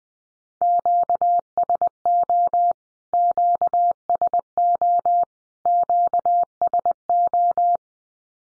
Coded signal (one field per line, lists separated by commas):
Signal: Morse code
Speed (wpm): 20 wpm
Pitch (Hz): 700 Hz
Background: none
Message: QSO QSO QSO